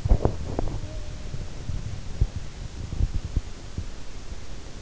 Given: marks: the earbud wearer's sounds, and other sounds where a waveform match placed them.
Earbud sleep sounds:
sounds in sleep by an in-ear microphone; teeth grinding
0.00-4.17 s: teeth grinding

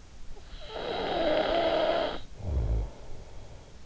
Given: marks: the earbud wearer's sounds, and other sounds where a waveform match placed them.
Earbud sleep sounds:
sounds in sleep by an in-ear microphone; snoring breath
0.47-3.47 s: snoring breath

